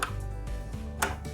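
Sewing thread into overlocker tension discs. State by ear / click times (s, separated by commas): seated / 0.0 s, 1.0 s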